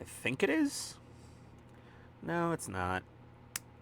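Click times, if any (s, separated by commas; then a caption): 3.6 s. A part from an Agora Models 1/8 scale diecast James Bond 007 Lotus Submarine "Wet Nellie" kit is pressed into its mount on the model car body while someone talks. After an earlier doubt, a sharp, positive click is heard at 3.6 s as the part seats home.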